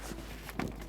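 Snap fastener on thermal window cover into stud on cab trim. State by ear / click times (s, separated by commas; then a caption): not seated / none. Someone handles the fabric thermal insulation window cover of a 2023 Winnebago Ekko Class C motorhome, bringing its snap fastener to the stud on the cab trim behind the front cab area. Brief sharp taps at about 0.5 s and 0.6 s, the louder at 0.6 s, and a faint one at 0.9 s sound over a steady low hum. Nothing has snapped or seated yet.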